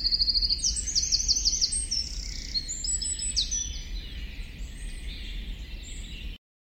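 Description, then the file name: Eurasian wren song: a rapid, high-pitched run of trills and sharp chirps, loudest in the first two seconds, then continuing more softly before stopping abruptly, over low background rumble. "Troglodytes troglodytes"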